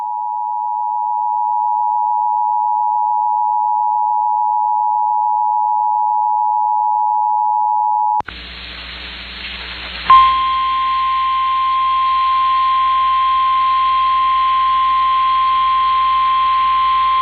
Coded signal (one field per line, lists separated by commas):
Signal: Emergency Alert System (SAME) tones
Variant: 853 and 960 Hz attention tone